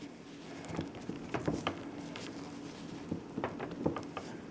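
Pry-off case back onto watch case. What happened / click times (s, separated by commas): The press-fit back cover snapped into place / 1.7 s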